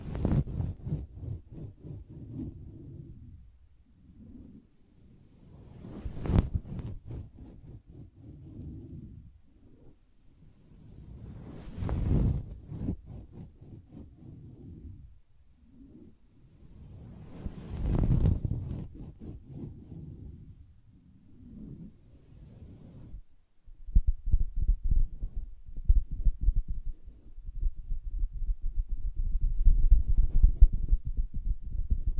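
Soft fabric surface being tapped and scratched, with dull, low thumps and muffled rubbing that swell in bursts roughly every six seconds. Brief brighter scratchy strokes flare near 6, 12 and 18 seconds. From about 24 seconds a denser run of rapid, even tapping continues to the end.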